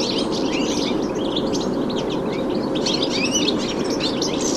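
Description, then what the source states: A flock of European goldfinches keeps up busy, tinkling, canary-like twittering over continuous low background noise. Flock in black alders at Rantalehto on the edge of Lohja town, Finland, making a canary-like sound.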